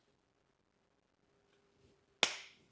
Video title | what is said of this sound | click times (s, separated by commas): VINTAGE AIR + COLD CASE RADIATOR INSTALLATION - Bagged 1966 Chevrolet C10 | and you'll hear it click in. See how it clicked in? And it's that simple. | 2.2 s